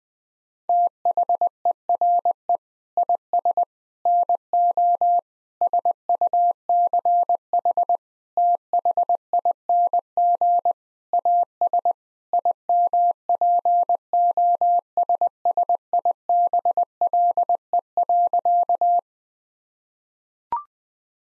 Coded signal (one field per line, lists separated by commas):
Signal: Morse code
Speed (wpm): 20 wpm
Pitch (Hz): 700 Hz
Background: none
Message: THERE IS NO SUCH THING AS IMPOSSIBLE.